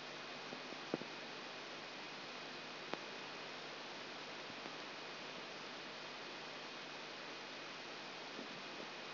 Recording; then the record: brain microelectrode recording played as sound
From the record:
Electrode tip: outside the subthalamic nucleus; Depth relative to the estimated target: -8 mm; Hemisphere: right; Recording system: AlphaMap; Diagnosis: Parkinson's disease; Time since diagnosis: 24 years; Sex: female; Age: 57 years